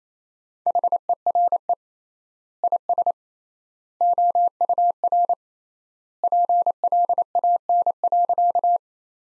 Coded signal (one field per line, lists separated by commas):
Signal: Morse code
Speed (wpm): 28 wpm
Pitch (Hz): 700 Hz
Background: none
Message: HERE IS OUR PLAN.